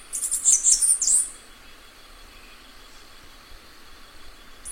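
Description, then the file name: Cicada song: one shrill, high-pitched burst of quick pulses lasting just over a second, then a steady faint whine with a new burst starting at the end. "canto da cigarra bambu"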